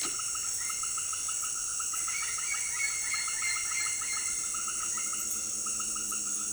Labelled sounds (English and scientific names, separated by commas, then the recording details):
none
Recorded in secondary vegetation near Puerto Asís, Putumayo, Colombia, on 8 March 2025 at 18:00
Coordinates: 0.488, -76.319
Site G095